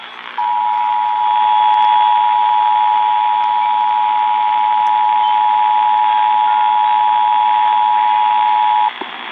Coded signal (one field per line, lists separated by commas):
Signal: Emergency Alert System (SAME) tones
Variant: 853 and 960 Hz attention tone